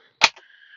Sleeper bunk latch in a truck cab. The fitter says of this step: you hear click and then you just pull that same handle